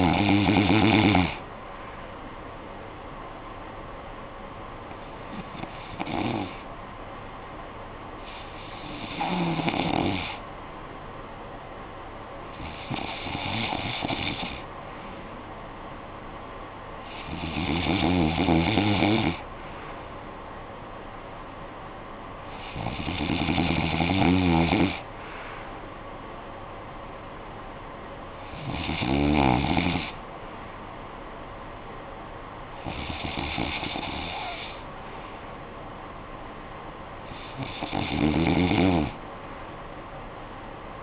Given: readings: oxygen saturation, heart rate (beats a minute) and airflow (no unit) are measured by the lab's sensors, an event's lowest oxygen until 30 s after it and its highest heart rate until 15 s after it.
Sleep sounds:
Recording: breathing in sleep by a voice recorder at the bedside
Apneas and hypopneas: none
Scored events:
none scored
From the record:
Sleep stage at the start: N2 (light sleep)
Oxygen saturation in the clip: 93 to 95%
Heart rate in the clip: 57 to 64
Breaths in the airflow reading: 9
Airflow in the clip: -9.8 to 6.5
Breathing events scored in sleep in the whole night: 445 in 7.6 hours asleep

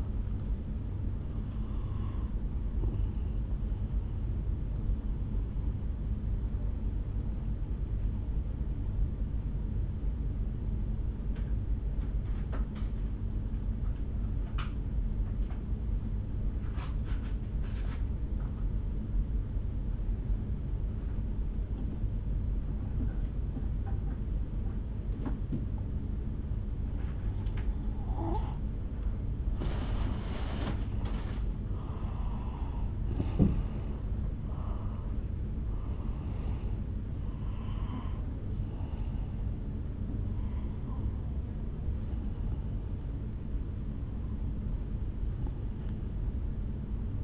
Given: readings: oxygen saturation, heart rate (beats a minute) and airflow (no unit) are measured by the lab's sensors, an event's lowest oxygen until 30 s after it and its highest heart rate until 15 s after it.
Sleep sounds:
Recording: breathing in sleep by a smartphone at the bedside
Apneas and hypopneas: 1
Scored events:
10.00-30.10 s: obstructive apnea (N1, oxygen 95% highest, then 85% lowest, heart rate 53 at the start, 69 highest)
12.00-47.24 s: new sleep stage, N2 (light sleep)
From the record:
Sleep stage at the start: N1 (lightest sleep)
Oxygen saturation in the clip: 84 to 95%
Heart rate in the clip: 52 to 73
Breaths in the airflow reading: 7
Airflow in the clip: -6.9 to 6.3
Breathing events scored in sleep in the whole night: 449 in 7.0 hours asleep

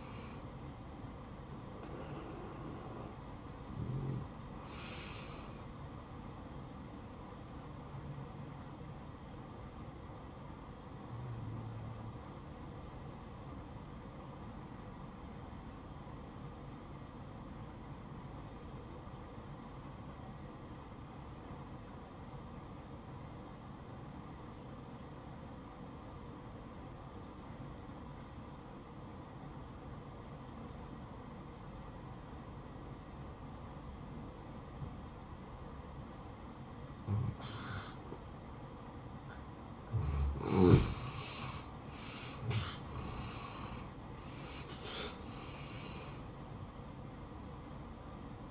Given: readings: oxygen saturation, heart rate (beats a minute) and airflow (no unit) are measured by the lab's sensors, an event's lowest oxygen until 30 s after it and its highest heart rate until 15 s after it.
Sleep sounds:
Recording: breathing in sleep by a smartphone at the bedside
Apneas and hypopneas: 1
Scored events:
11.00-40.70 s: obstructive apnea (N2, oxygen 95% highest, then 85% lowest, heart rate 62 at the start, 78 highest)
11.00-48.51 s: new sleep stage, N1 (lightest sleep)
From the record:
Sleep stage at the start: N2 (light sleep)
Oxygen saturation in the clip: 86 to 95%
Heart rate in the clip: 58 to 77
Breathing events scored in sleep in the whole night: 573 in 9.8 hours asleep

